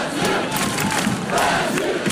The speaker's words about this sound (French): C'est en début de match qu'on a le plus entendu les Brésiliens. Ils ont même sifflé et chanté sur les premières notes de la Brabançonne.